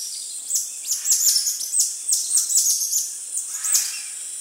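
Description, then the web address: Cotton-top tamarin chirping calls: many rapid, very high-pitched chirps and sweeping whistles that overlap in bursts, with a steady high hiss behind them. Primate of the South American rainforest. "Natures Songs S America Primates of the Rainforest Cotton-top tamarin"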